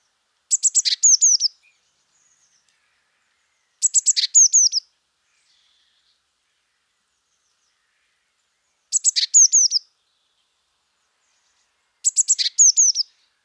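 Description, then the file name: Eurasian blue tit calls: four phrases of rapid high notes, a buzzy element and descending slurred whistles, spaced three to five seconds apart. "Cyanistes caeruleus"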